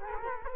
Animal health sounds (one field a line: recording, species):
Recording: mosquito wingbeat signal from an infrared sensor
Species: Culex quinquefasciatus